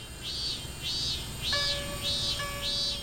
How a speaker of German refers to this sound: Hört sich die Eschenzikade im Mittelmeerraum eher quäkend an, erzeugen manche japanische Zikaden ein metallisches Schrillen, das an eine Schleifmaschine erinnert.